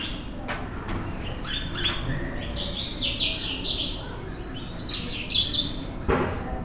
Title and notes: House buntings in Fez medina. 89 Rue Talaa Sghira, Fes 30110, Morocco. Morning atmosphere. Close house buntings (sitting on house roofs). Bruants du Sahara au matin